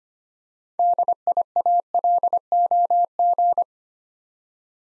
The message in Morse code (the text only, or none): DIALOG